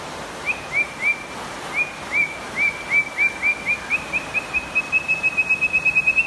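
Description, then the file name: White-rumped shama song, a long series of short whistled notes on one pitch that speeds up steadily into a fast even trill, with background hiss. Champion bird from a singing contest. "suara murai batu juara lomba"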